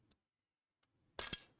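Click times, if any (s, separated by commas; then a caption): 1.2 s. A clipped plastic internal part in a PS1 game console is pried during disassembly; it is stuck at first because something else holds it, then pops free with a sharp snap at 1.2 s. Smaller sharp clicks follow at about 1.3 s and 1.6 s after a quiet stretch with faint handling noise. The firmly clipped part is released.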